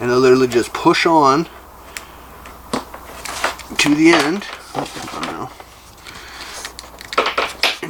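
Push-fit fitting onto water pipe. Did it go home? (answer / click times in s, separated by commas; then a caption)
yes / 7.6 s. A push-fit fitting is pushed onto the cleanly cut end of a water pipe for a shower supply while someone talks, with short handling clicks and taps along the way. It clicks home at 7.6 s, seated so it won't come back off.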